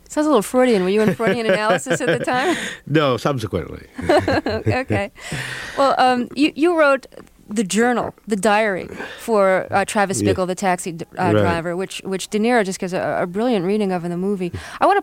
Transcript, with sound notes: Sounds a little Freudian. Were you on Freudian analysis at the time?
(Laughter) No, subsequently.
(LAUGHTER)
OK, well, you wrote the journal, the diary for Travis Bickle, the taxi driver, which De Niro just gives a brilliant reading of in the movie.